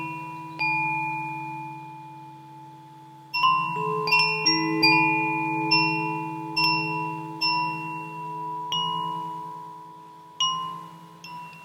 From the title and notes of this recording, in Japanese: 你可以在風鈴的共鳴管內部看見八根精準校音的含銀音柱焊接在金屬共振盤上。由G、C、E、F、G、C、E、G調所組成。不到6點的時間就進入森林裡。